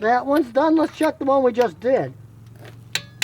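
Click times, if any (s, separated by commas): 2.9 s, 3.2 s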